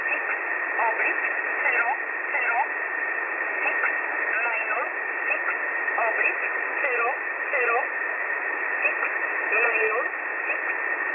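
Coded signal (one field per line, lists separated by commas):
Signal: numbers station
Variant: E11 Oblique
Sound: short, evenly spaced spoken words, likely numbers, through hiss with a steady high whistle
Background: radio static, heterodyne whistle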